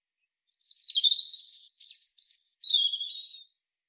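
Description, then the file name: European robin song in three linked phrases: a high warble, a rapid bright trill, then a descending thin whistle, with quiet surroundings. "Erithacus rubecula"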